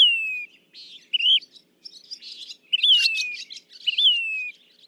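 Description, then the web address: Say's phoebe song: clear whistled notes sliding down alternate with short buzzy, burry phrases, several phrases in under five seconds. "birdsongforthecurious Say's Phoebe"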